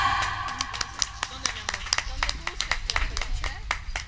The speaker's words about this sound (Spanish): Muchas gracias por sus aplausos.